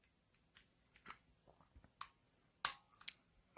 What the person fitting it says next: 딸칵 소리가 되면 장착된 것입니다